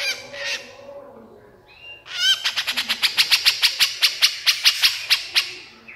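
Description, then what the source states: Horsfield's bush lark giving a few slurred notes, then a long run of sharp, regularly spaced high chips, fading near the end. Masteran (tutor) recording of branjangan song for training songbirds, described as super gacor (singing constantly).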